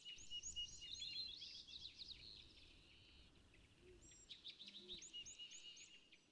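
California thrasher song, high chirps and short trills in two bouts over noticeable low rumbling background noise.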